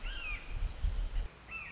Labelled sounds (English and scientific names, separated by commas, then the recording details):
Red-shouldered Hawk (Buteo lineatus)
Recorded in Sonoma County, California